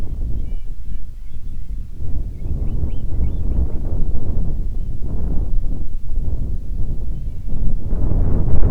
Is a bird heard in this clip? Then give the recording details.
yes. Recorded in the Prudhoe Bay oil fields, Alaska, on 10 July 2019 at 10:21. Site 11